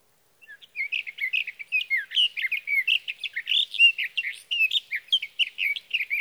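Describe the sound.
Sage thrasher song, a long continuous run of fast warbled and whistled phrases, rising and falling notes tumbling together without pause for about six seconds.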